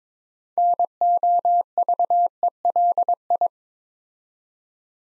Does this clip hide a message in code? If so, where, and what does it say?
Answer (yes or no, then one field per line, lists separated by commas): yes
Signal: Morse code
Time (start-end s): 0.6-3.5 s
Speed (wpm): 23 wpm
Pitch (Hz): 700 Hz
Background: none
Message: NOVELI